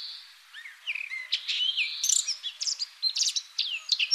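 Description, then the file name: Eurasian blackcap song, a quick run of high chirps, trills and short whistled slurs, growing busier and more scratchy toward the end. "Sylvia atricapilla"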